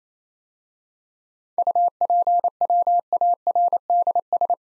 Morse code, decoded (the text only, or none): UPWARDS